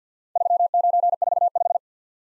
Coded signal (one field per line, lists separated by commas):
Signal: Morse code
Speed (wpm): 52 wpm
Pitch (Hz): 700 Hz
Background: none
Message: 3945